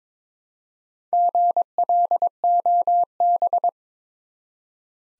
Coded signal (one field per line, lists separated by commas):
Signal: Morse code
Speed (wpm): 22 wpm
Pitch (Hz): 700 Hz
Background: none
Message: GLOB